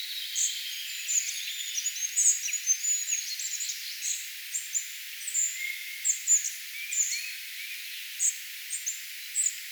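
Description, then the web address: Spotted flycatcher song: brisk series of high, sharp, squeaky notes. Singing bird, recorded 4 June 2025. "paivat 4 6 2025 harmaasieppo laulaa"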